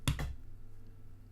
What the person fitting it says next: Hopefully you heard that little click.